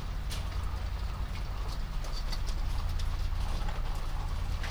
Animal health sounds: poultry house recording; sick chickens (respiratory disease)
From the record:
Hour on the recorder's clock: 22

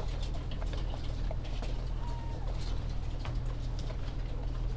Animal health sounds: poultry house recording; healthy chickens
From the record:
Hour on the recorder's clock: 14

